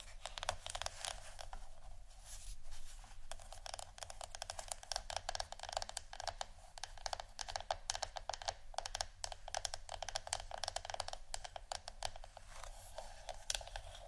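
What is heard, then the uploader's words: Wooden ASMR triggers: dense, rapid clicking and tapping with crisp bright ticks, fairly steady throughout, over a constant low hum. ASMR Wooden Triggers（No Talking）.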